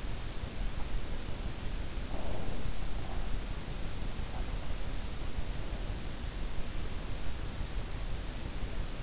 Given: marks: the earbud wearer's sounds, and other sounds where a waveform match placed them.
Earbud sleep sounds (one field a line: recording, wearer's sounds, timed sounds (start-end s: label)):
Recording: sounds in sleep by an in-ear microphone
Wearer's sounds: breath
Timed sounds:
2.01-2.92 s: breath